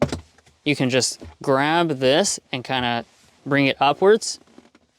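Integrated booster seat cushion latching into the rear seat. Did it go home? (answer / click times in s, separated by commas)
no / none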